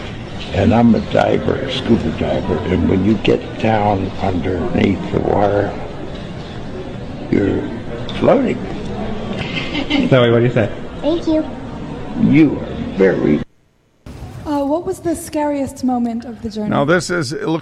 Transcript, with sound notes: And I'm a diver, a scuba diver, and when you get down underneath the water, you're floating.
(laughs)
Zoe, what do you say?
Thank you.
You are very...
Uh, what was the scariest moment of the journey?